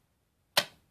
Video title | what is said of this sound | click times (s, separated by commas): INDEXING PART 1 | zoo bring it in so you can hear that click | 0.6 s